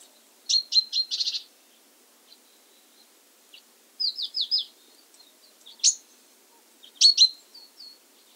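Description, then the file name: Great tit calling in quick clipped bursts: a rapid series of notes, a short run of descending notes, then scattered sharp high chips. "Parus major"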